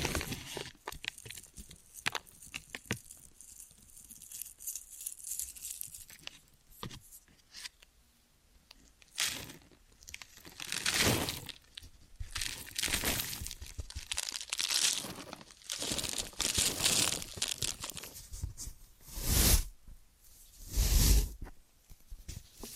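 Ear and scalp massage and cleaning, heard as soft rustling, scratching and crinkling touches. Sounds come in irregular bursts, sparse and light early on, then fuller, brighter scrapes from about nine seconds, with the loudest swells near 19 and 21 seconds.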